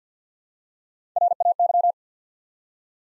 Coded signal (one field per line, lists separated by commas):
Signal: Morse code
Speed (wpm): 48 wpm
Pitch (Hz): 700 Hz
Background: none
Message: RAY